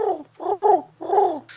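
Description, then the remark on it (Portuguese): Four warbling, throaty calls in quick succession, each sliding downward in pitch like a pigeon's coo answered by whiny dog-like yelps, ending with a short burst of hiss. “Um pombo se comunicando com um cachorro.”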